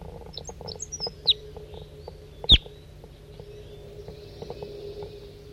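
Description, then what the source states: Red Crossbill giving sharp, clipped call notes, a few quick ones early then two louder strong notes about a second apart, over a low steady hum. Decoy bird calling around 7:30 a.m. on June 9, 1983, low in Poverty Hollow, forest.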